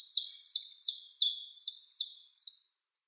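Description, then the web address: Common chiffchaff song, seven high downslurred notes repeated steadily about three per second, then a short silence. "Schulze Peter Common Chiffchaff song"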